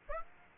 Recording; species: mosquito wingbeat signal from an infrared sensor; Aedes aegypti